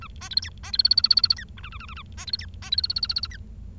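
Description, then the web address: Bengalese finch song: fast runs of buzzy, harmonic-rich notes, with bursts of rapid repeated high ticks alternating with lower stuttering syllables, over a soft low hum. "nccratliri vad-multi-species. bengalese finch"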